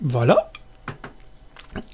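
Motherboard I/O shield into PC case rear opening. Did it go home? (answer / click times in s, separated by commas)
yes / 0.9 s, 1.0 s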